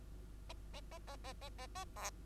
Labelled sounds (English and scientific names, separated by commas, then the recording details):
Bengalese Finch (Lonchura striata domestica) song
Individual Bird2